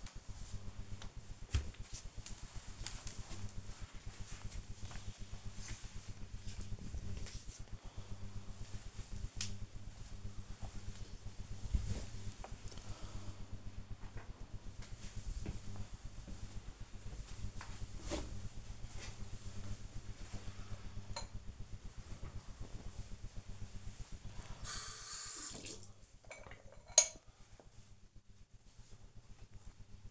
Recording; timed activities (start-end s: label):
household activities, microphone on the right wrist
0.00-7.27 s: floor cleaning
21.34-30.11 s: brushing teeth